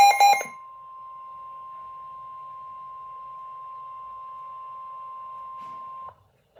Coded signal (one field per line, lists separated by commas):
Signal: Emergency Alert System (SAME) tones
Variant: 1050 Hz attention tone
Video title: 8/28/26 Severe Thunderstorm Warning for Brazoria County (EAS #87)